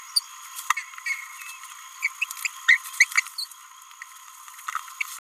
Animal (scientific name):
Forpus passerinus